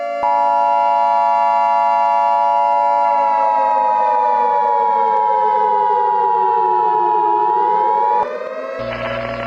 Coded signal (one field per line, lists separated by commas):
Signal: Emergency Alert System (SAME) tones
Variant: 853 and 960 Hz attention tone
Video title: EAS Short Protesters attacking Los Angeles and San Francisco Copyright©️MTV/EmergencyAlertSystem